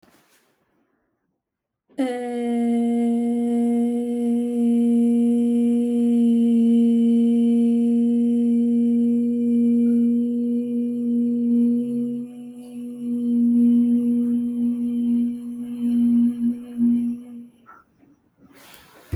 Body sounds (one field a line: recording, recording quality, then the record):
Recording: sustained vowel as in made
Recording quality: excellent, no background noise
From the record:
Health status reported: healthy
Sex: female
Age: 29 years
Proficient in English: yes